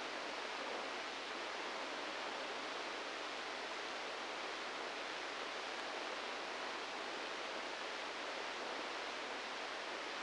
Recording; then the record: brain microelectrode recording played as sound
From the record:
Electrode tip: inside the subthalamic nucleus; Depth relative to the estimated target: 4 mm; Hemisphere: left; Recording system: NeuroSet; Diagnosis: Parkinson's disease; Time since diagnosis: 10 years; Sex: male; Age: 63 years